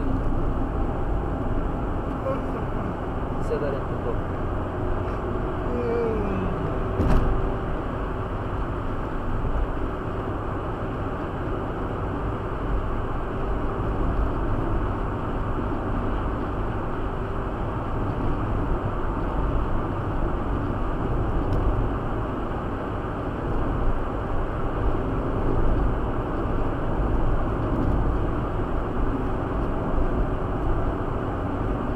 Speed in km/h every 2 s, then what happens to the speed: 81, 83, 86, 90, 89, 90, 90, 91, 91, 90, 90, 90, 90, 89, 87, 87.
0-6 speeds up to 90. 6-32 steady at about 90.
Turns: none.